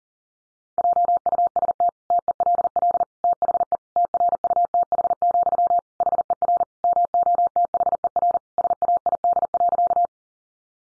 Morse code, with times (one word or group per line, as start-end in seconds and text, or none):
0.8-1.9 JUST
2.1-3.0 TELL
3.2-3.8 THE
4.0-5.8 TRUTH,
6.0-6.6 HER
6.8-8.4 MOTHER
8.6-10.1 SAID.